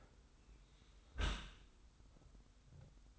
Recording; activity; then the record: daily activity, microphone in the room; close dishwasher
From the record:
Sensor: 3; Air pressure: 990.4 hPa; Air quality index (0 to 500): 195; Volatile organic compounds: 1000 ppm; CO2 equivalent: 6381 ppm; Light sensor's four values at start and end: 39/92/37/35 and 39/91/37/35